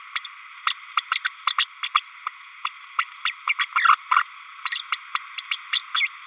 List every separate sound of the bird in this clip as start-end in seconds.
0.15-0.20, 0.66-0.74, 0.97-1.03, 1.11-1.19, 1.24-1.31, 1.47-1.54, 1.58-1.66, 1.82-1.89, 1.94-2.00, 2.64-2.69, 2.98-3.04, 3.25-3.33, 3.47-3.54, 3.58-3.66, 3.75-3.96, 4.11-4.23, 4.65-4.83, 4.92-4.99, 5.15-5.21, 5.37-5.46, 5.50-5.57, 5.72-5.81, 5.94-6.09